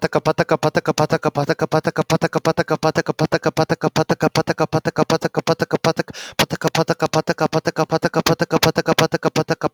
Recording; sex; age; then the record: repeated syllables /pa ta ka/; male; 20 to 29 years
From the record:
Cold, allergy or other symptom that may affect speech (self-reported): no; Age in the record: 23 years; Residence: Georgia, United States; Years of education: 16